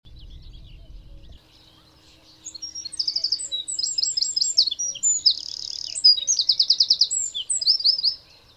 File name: Troglodytes troglodytes